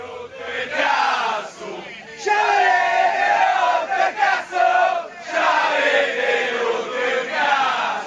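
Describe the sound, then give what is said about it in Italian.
A crowd of AS Roma football fans at the Trigoria training ground, early in the morning shortly before 9, chants loudly and continuously in unison, their massed voices rising and falling in rhythmic surges with brief dips between phrases. “Queste sono le voci dei tifosi che sono arrivati questa mattina presto a Trigoria, tifosi della Roma.”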